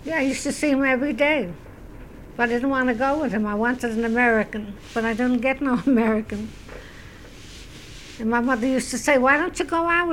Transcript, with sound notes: I used to see him every day. But I didn't want to go with him, I wanted an American. But I didn't get no American. ( she laughs ) And my mother used to say, "Why don't you go out with him?